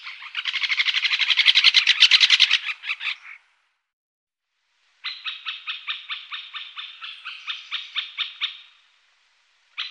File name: Storre hackspett